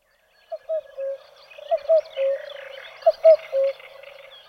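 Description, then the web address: Common cuckoo calls: short clear tonal notes around mid pitch, given in small groups of two or three, with a faint scratchy chatter running higher behind them. "fugle stemmer"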